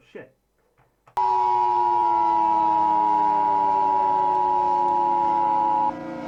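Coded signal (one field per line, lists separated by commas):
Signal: Emergency Alert System (SAME) tones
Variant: 853 and 960 Hz attention tone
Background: speech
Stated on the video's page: Reaction to a fictional EAS scenario.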